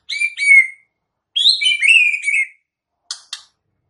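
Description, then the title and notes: White-rumped shama song: rich whistled phrases, slightly falling, in two bursts, followed by two short sharp clicks. Murai batu song used as a lure for trapping birds (pikat); voice described as strong (mantap). "MB Pikat. murai batu"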